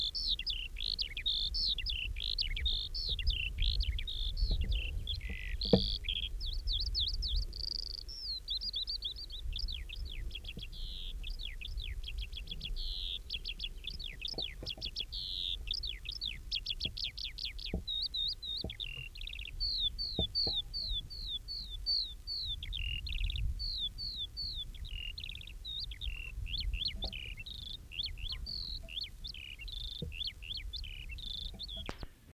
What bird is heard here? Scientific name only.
Alauda arvensis